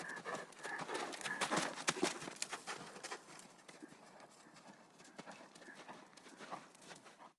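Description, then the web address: Horse hoofbeats at a gallop, a dense run of soft, scuffing thuds, loudest in the first three seconds and then easing off. Horses galloping outside on sand. "fvtt-sonniss-gdc-audio -horses-galloping-outside-in-sand"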